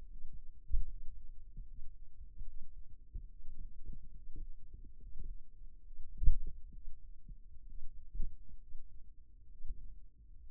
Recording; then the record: forearm muscle sounds (acoustic myography)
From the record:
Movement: finger pinch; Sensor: system 2, bracelet of six BSWA MPA416 microphones around the upper forearm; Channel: 5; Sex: male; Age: 22 years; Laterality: right